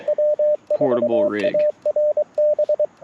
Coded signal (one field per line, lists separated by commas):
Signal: Morse code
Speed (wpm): 23 wpm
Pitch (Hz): 600 Hz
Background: speech, radio noise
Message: W4ARB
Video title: On-Air CW for Morse Code Practice - QRP CW POTA 9/27/23 @ Tuskegee National Forest (K-4451)